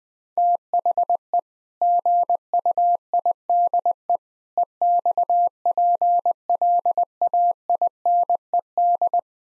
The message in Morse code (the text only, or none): THE GUIDE EXPLAINED